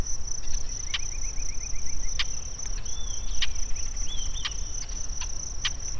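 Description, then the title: Bird calls: a quick series of about eight short pips, then two slurred whistles, under a steady shrill insect hum with scattered clicks. Recorded in the Sierra Nevada, USA. "内华达山脉的鸟叫_美国"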